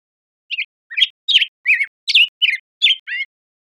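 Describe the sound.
Black-headed grosbeak song: one phrase of eight sweet, slurred whistled notes rising and falling in quick succession, with silence around it.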